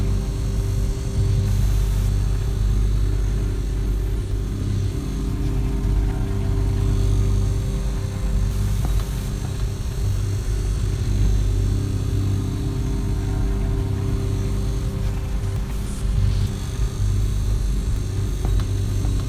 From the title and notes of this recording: Recording my frigo whit iphone, filtered whit some delay & reverb...